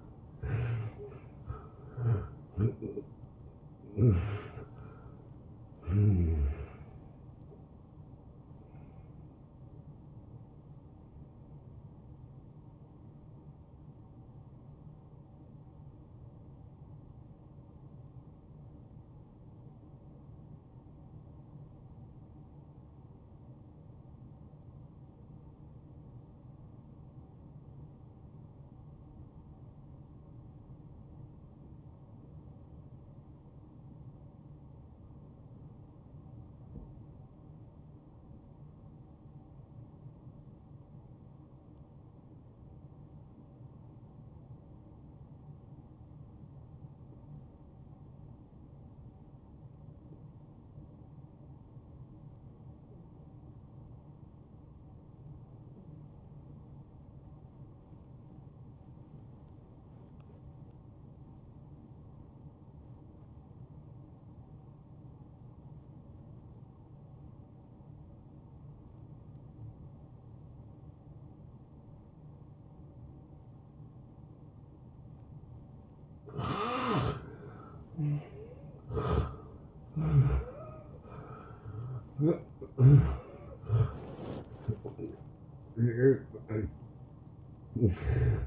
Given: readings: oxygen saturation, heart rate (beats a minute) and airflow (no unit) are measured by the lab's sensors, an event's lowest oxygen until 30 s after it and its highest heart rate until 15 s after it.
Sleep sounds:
breathing in sleep by a smartphone at the bedside; 1
16.00-77.00 s: obstructive apnea (N1, oxygen 95% highest, then 81% lowest, heart rate 81 at the start, 85 highest)
From the record:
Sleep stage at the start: N1 (lightest sleep); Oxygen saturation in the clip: 83 to 95%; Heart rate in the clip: 54 to 82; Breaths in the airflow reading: 8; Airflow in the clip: -17.3 to 10.6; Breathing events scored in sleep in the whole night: 263 in 5.5 hours asleep

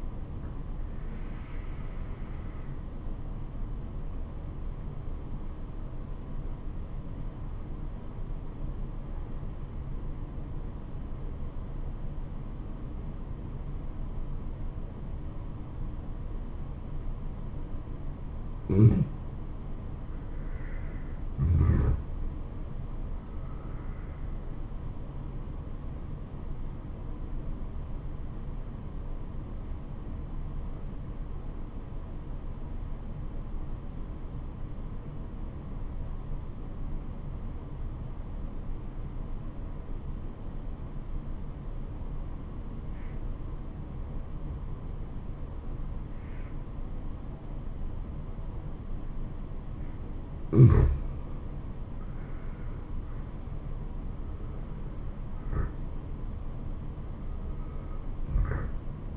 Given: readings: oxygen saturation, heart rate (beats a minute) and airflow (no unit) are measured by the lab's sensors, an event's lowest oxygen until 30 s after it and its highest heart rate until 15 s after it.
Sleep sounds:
breathing in sleep by a smartphone at the bedside; 2
5.00-21.30 s: obstructive apnea (N2, oxygen 97% highest, then 90% lowest, heart rate 73 at the start, 76 highest)
28.00-51.70 s: obstructive apnea (N2, oxygen 94% highest, then 84% lowest, heart rate 69 at the start, 78 highest)
From the record:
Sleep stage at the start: N2 (light sleep); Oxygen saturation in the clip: 88 to 97%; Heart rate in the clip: 66 to 78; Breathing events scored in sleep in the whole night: 426 in 7.4 hours asleep

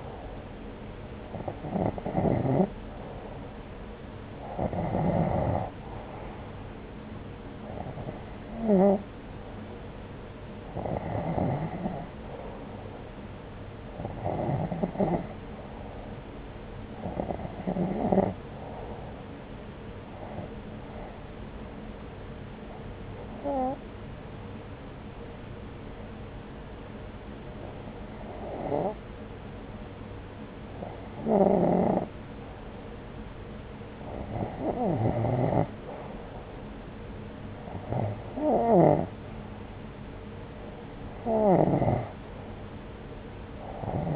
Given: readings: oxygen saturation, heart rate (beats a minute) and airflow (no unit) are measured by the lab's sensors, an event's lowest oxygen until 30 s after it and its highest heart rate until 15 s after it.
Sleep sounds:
breathing in sleep by a voice recorder at the bedside; 1
21.00-40.10 s: hypopnea (REM, oxygen 91% highest, then 88% lowest)
From the record:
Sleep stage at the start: REM sleep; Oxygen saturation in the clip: 88 to 91%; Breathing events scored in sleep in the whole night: 303 in 8.1 hours asleep

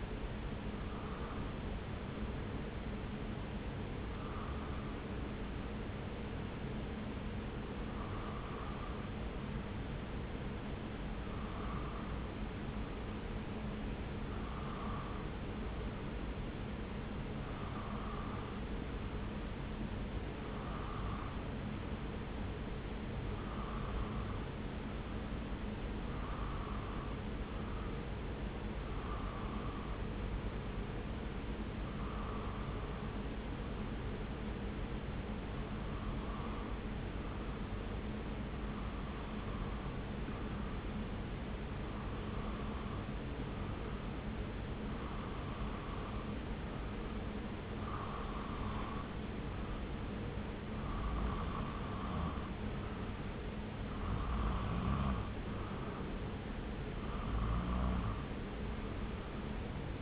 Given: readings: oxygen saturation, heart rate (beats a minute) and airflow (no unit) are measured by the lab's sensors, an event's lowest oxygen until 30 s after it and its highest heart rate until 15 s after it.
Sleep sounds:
breathing in sleep by a voice recorder at the bedside; 1
11.00-44.60 s: hypopnea (N2, oxygen 94% highest, then 90% lowest)
From the record:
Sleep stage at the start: N2 (light sleep); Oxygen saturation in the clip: 90 to 94%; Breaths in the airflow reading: 17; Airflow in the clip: -0.7 to 0.6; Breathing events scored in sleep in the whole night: 335 in 6.7 hours asleep

